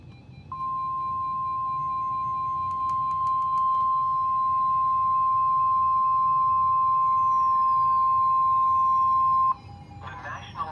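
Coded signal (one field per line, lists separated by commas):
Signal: Emergency Alert System (SAME) tones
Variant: 1050 Hz attention tone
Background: speech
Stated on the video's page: Severe thunderstorm warning for golf ball hail, broadcast on NOAA Weather Radio.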